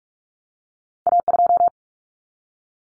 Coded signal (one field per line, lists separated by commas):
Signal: Morse code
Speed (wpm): 44 wpm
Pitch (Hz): 700 Hz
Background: none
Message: A2